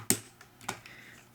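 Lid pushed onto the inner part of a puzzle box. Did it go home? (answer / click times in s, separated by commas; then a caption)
yes / 0.1 s, 0.7 s. A puzzle box lid, with its seams lined up with the inner part, is pushed down firmly until it clicks into place. Two sharp clicks are heard at 0.1 s and 0.7 s, with fainter ticks between and after them. The lid is seated.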